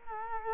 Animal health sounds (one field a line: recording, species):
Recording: mosquito wingbeat signal from an infrared sensor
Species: Culex quinquefasciatus